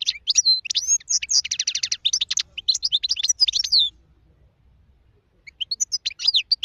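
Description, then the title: European goldfinch pouring out quick liquid twitters and a rapid rattling trill, falling silent briefly before another short burst. Wild bird, song. "اجمل غناءالحسون الخلويchant chardonneret sauvage"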